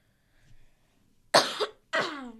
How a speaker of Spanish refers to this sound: Perdón si frené, es que tengo tos.